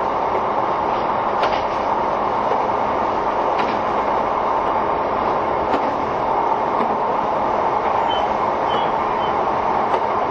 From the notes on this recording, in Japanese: 相鉄・埼京線直通＂特急・普通＂の列車走行音